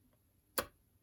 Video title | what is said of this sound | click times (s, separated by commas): AUTOart Signature - Bugatti EB110 GT 1/18 - In Depth Review | it clicks into place | 0.6 s